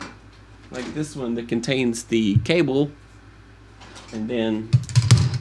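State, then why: Seated. Someone talks, then a 3D-printed plastic Gridfinity container holding a cable is pressed down into the printed grid baseplate in a toolbox. A few sharp plastic knocks follow, and the loudest snap at 5.1 seconds is the bin seating into the grid.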